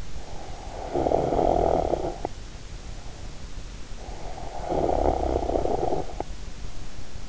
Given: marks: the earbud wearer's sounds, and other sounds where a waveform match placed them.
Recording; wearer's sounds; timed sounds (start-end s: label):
sounds in sleep by an in-ear microphone; snoring breath
0.48-3.30 s: snoring breath
4.11-6.22 s: snoring breath